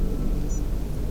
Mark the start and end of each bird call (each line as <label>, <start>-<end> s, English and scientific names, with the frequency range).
Spotted Flycatcher (Muscicapa striata) (5.5-7.6 kHz), 0.49-0.59 s